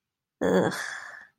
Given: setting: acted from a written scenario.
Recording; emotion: vocal sound without words; embarrassment